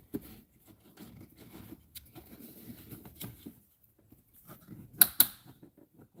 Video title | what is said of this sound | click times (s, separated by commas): First Service On Used Car - Bad Wrench Live Episode 44 | and that one it clicks down into place. You heard it go click, click. That's all it is. It's done. | 5.0 s, 5.2 s